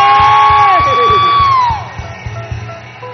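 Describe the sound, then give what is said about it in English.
An audience shouts and cheers loudly, with a long high cry that slides down in pitch and fades, over steady rhythmic thumping like clapping or a drumbeat. “Somebody make a joyful noise in the house. Somebody scream!”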